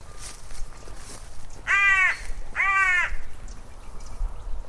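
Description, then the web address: Bird giving two loud, harsh, cawing calls about a second apart, each rich in overtones, with quiet background noise between them. "cianscape. Deverinetal 2025. Bird Only"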